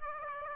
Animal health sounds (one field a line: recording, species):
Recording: mosquito wingbeat signal from an infrared sensor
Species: Aedes aegypti